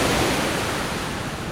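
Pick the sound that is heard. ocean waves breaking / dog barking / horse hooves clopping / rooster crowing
ocean waves breaking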